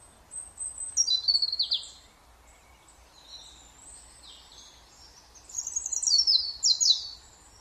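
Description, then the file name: European robin song: two bursts of high, thin, tumbling notes and trills, the first near one second, the second after a long pause, over faint low background hiss. "Erithacus rubecula"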